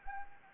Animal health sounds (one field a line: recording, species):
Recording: mosquito wingbeat signal from an infrared sensor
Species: Anopheles arabiensis